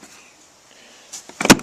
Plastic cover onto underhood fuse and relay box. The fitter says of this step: make sure it clicks make sure that clicks that's locked in now now start the car